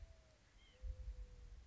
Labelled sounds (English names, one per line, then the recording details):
White-breasted Nuthatch
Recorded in Sonoma County, California